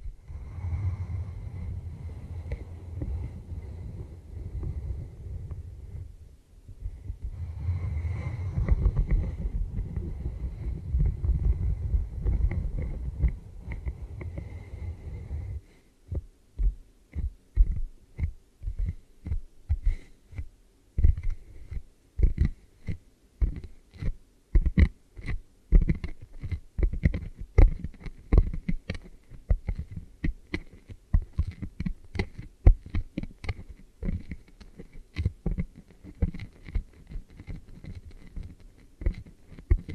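ASMR triggers moving over, under and inside the ears. The first fifteen seconds are a muffled, low rumbling rub with a brief pause near six seconds, and a faint steady high whine runs underneath. Then it switches to quick, dense tapping and crackling that continues to the end.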